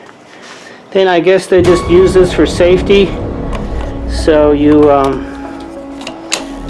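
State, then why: Seated. A plastic safety key is pushed into the ignition slot of a Toro 60V Flex-Force cordless 21-inch mower while someone talks. It clicks and seats at about 6.1 s and 6.3 s, the second click sharper and louder.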